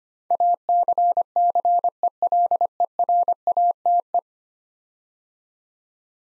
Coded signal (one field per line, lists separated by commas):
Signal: Morse code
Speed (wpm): 25 wpm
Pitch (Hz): 700 Hz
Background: none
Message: ACCELERATE